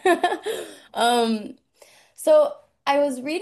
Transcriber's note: laughs